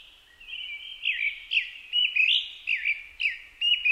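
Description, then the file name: Japanese thrush singing a run of short whistled phrases, fluty slurred notes rising and falling, with brief pauses. Recorded 4 May 2010 at 18:30. "kurotugumi-20100504-1830"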